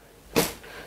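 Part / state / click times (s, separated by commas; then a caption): ebike battery pack into frame rail mount / seated / 0.4 s. A battery pack from a HITWAY BK3 ebike is slid along the frame rail of a HITWAY BK6 ebike to check whether the two 36-volt batteries are interchangeable. After a quiet lead-in, a sharp broadband click at 0.4 s marks the pack locking into place at the end of the rail, followed by a fading scrape. The battery is seated and fits the other model.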